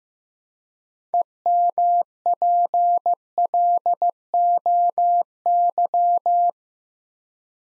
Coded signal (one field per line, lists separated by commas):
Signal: Morse code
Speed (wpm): 15 wpm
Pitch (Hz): 700 Hz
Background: none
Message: EMPLOY